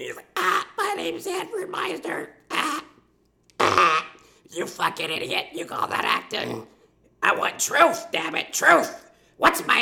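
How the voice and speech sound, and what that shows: An adult man speaks in short bursts in a rough, creaky, belch-like voice, with abrupt glottal catches and pauses between phrases. It is a mocking imitation of esophageal speech, the air-swallowing voice learned after removal of the larynx.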